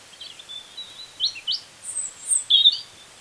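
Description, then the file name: European robin song: soft, thin whistled notes and a few brief high chirps, ending in a louder squeaky flourish. "Erithacus rubecula"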